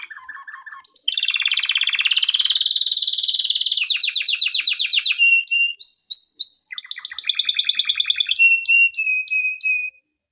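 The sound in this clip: Canary song with a low rattle, a loud rushing trill that breaks into pulsed notes, high clipped whistles and a final steady whistled tone.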